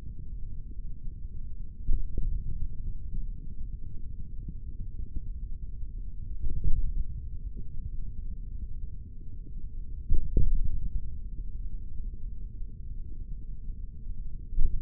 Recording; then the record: forearm muscle sounds (acoustic myography)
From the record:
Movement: index flexion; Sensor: system 3, bracelet of six PUI Audio POM-2738L microphones around the upper forearm, with dedicated amplification and filtering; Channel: 2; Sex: male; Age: 56 years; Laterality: right